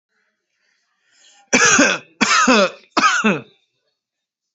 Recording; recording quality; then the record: heavy voluntary cough; excellent, no background noise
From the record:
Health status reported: healthy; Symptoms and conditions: none ticked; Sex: male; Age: 30 years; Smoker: not ticked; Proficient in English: yes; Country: India